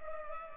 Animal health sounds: mosquito wingbeat signal from an infrared sensor; Culex pipiens

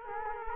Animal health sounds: mosquito wingbeat signal from an infrared sensor; Culex quinquefasciatus

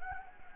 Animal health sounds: mosquito wingbeat signal from an infrared sensor; Anopheles gambiae

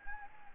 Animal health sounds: mosquito wingbeat signal from an infrared sensor; Anopheles gambiae

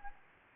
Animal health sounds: mosquito wingbeat signal from an infrared sensor; Anopheles gambiae

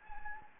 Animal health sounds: mosquito wingbeat signal from an infrared sensor; Anopheles gambiae

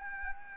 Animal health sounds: mosquito wingbeat signal from an infrared sensor; Anopheles gambiae

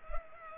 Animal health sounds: mosquito wingbeat signal from an infrared sensor; Culex pipiens

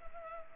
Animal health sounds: mosquito wingbeat signal from an infrared sensor; Culex pipiens

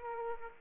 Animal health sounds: mosquito wingbeat signal from an infrared sensor; Aedes aegypti

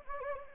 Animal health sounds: mosquito wingbeat signal from an infrared sensor; Anopheles gambiae

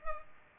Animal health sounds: mosquito wingbeat signal from an infrared sensor; Culex pipiens

